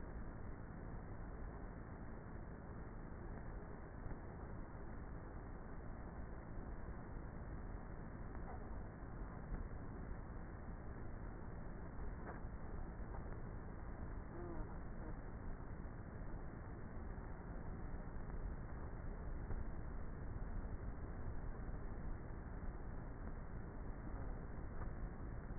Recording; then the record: honeybee colony, microphone inside the hive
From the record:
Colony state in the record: queenless with a low population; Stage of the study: before two queens were removed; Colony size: about 30,000 bees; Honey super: no